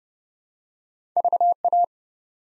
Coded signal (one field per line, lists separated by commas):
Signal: Morse code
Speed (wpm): 30 wpm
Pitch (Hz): 700 Hz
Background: none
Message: VA